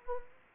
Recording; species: mosquito wingbeat signal from an infrared sensor; Anopheles arabiensis